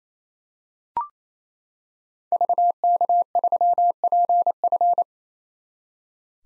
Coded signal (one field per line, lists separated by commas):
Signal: Morse code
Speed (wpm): 28 wpm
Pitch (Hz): 700 Hz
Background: none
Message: VK3PF